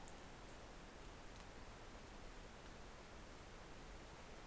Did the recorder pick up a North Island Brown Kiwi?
no